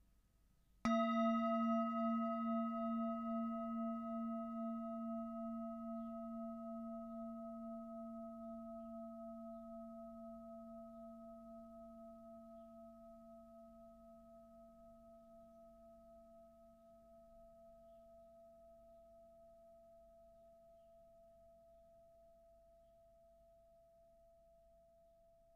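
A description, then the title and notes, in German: A singing bowl is struck once just under a second in, and its tone rings on for the rest of the clip. The low hum and several clear, higher overtones beat gently as they fade slowly, with a faint low rumble underneath. Klangschale Herzchakra 7 Minuten Stille.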